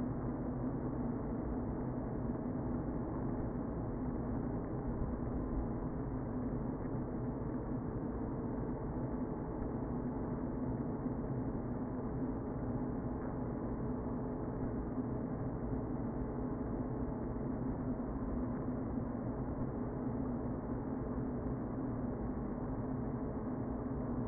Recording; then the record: honeybee colony, microphone inside the hive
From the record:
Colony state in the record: queen present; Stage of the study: before two queens were removed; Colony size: about 60,000 bees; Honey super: yes